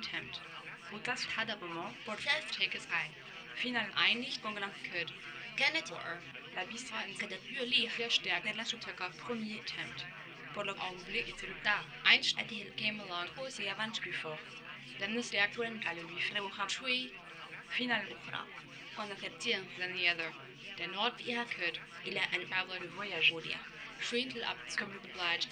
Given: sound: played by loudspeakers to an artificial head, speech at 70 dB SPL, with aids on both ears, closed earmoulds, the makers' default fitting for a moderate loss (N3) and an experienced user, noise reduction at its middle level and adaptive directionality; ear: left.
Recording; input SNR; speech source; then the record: speech test signal (ISTS) in cocktail-party noise; +6 dB; in front (0 degrees)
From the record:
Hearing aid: class 2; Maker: F